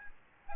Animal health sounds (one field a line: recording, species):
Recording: mosquito wingbeat signal from an infrared sensor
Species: Aedes albopictus